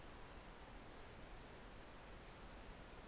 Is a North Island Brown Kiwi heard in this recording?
no